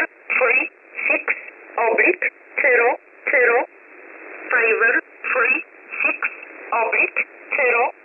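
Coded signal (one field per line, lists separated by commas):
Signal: numbers station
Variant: E11 Oblique, English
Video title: 16 03 2022 Number station E11 Oblique in English to Eu 0900 on 9968 Warsaw USB mode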